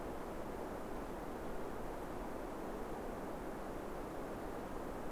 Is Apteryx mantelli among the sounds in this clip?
no